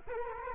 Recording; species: mosquito wingbeat signal from an infrared sensor; Culex quinquefasciatus